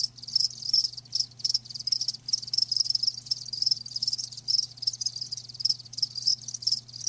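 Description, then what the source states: Crickets trilling in quick high bursts, closely spaced and continuous, a soft low hum running beneath. Live crickets chirping with a lulling song.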